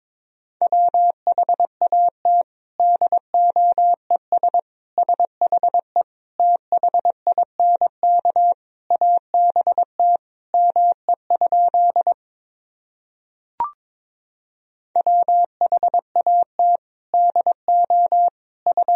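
Morse code sent as a single steady mid-pitched tone, keyed into quick dots and longer dashes in tight groups with short gaps between letters and words. Around thirteen seconds the sending pauses and a brief click sounds, then the beeping resumes until the end.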